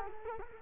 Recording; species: mosquito wingbeat signal from an infrared sensor; Culex quinquefasciatus